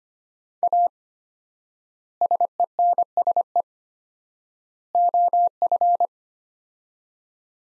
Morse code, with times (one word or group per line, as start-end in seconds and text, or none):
0.6-0.9 A
2.2-3.6 SENSE
5.0-6.1 OF